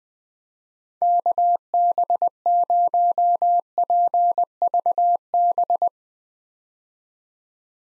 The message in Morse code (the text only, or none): KB0PVB